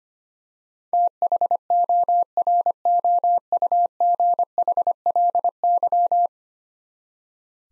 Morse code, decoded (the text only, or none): THOROUGHLY